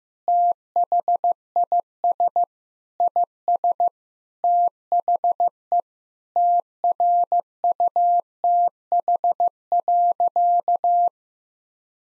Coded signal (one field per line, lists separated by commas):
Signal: Morse code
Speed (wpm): 16 wpm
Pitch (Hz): 700 Hz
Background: none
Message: THIS IS THE TRUTH.